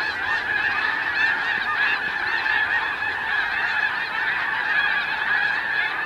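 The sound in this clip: Snow Goose flock calling, a dense continuous chorus of nasal, yelping honks overlapping without pause throughout.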